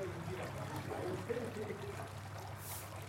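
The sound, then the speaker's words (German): Soft, steady water splashing and trickling as two people swim silently in dark water, a continuous gentle wash with a low hum underneath and one brief brighter splash near the end. No voices. “Vorerst nur schweigend und von einem langen Tag erschöpft schwimmen wir im dunklen Wasser.”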